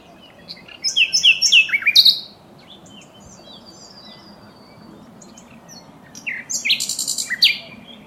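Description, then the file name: Common nightingale song: two phrases of quick repeated sharp notes and trills, separated by about four seconds of quiet hiss. "Luscinia megarhynchos"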